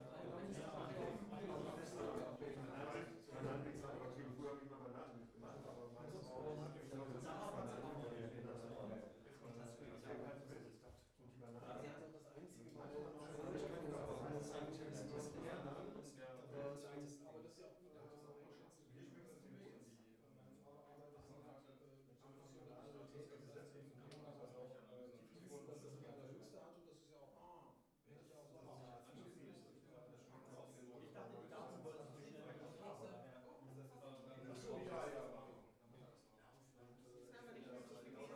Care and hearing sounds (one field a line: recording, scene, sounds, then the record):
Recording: everyday scene through a hearing-aid microphone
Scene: many people talking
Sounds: many voices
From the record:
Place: bistro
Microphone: behind the ear, left, rear